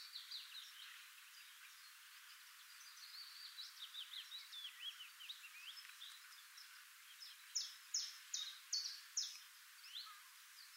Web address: SETE data Sylvia atricapilla